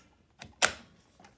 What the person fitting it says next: a nice click again